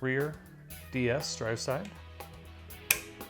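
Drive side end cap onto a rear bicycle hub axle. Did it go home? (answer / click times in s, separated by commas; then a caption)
yes / 2.9 s. Someone talks while the drive side end cap is pressed onto a rear bicycle hub axle, giving one loud, sharp hit at 2.9 s. The cap seats securely and the hub spins freely.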